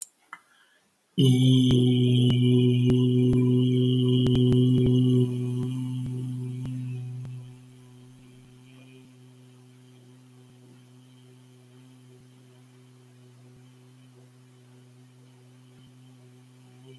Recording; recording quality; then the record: sustained vowel as in beet; excellent, no background noise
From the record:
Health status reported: exposed to COVID-19, no respiratory illness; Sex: male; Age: 42 years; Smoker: no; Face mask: not worn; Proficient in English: yes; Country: India